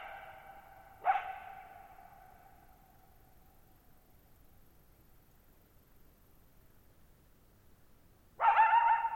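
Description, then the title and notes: Coyote giving two sharp barks about seven seconds apart, the first followed by a long fading echo, with quiet stillness between. Lone coyote at night, July 14, 2019, near Thirtymile Meadows, Okanogan National Forest, Okanogan High Country, Pacific Northwest, 6400 ft (1950 m); high dry plateau with tall sharp mountains, shallow bowl-shaped meadows forming a natural amphitheater. "Lone Coyote at Thirtymile Meadows. I spent the night of July 14, 2019, camped near Thirtymile Meadows in the Okanogan National Forest at 6400 ft (1950 m)"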